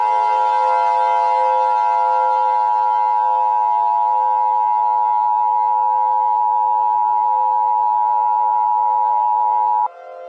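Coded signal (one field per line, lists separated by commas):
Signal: Emergency Alert System (SAME) tones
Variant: 853 and 960 Hz attention tone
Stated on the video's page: Fictional EAS scenario, a simulated alert.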